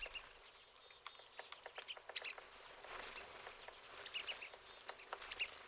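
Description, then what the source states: Pine siskins giving quick high twittering chirps, with a few brighter, more tonal notes near the end. Several birds.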